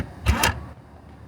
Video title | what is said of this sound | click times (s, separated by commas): AUDI VW Skoda Superb Combi 3V5 Estate Electric Boot Struts Replacement | I can hear the the latch working. | 0.4 s